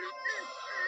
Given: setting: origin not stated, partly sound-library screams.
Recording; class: one-second piece from a danger detection set; woman in danger